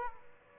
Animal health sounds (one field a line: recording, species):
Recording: mosquito wingbeat signal from an infrared sensor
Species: Aedes aegypti